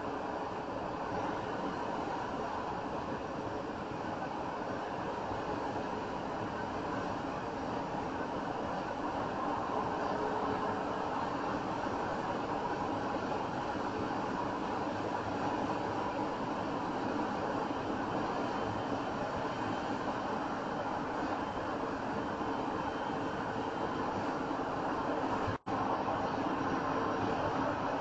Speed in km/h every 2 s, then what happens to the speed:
89, 87, 87, 87, 87, 87, 89, 90, 90, 92, 90, 92, 93, 93.
0-28 steady at about 89.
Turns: none.